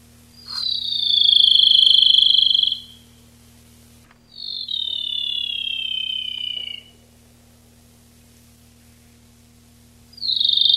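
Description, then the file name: Rufous-tailed robin singing: loud descending trilled phrases, the second slightly lower than the first, with a third starting at the end and a low hum underneath. Recorded 19–22 July 1991. "Lsibilans 3 19-22 07 91"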